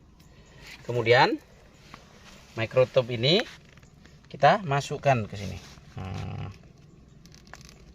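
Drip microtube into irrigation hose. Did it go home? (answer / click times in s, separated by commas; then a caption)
no / none. A small plastic drip microtube is pushed by hand into a freshly punched hole in a plastic drip-irrigation hose while someone talks. Between the speech there are faint handling rustles, a broader scraping noise around 6.0–6.5 seconds, and a few sharp ticks near the end. Nothing has seated yet; the clip ends just before the microtube goes home.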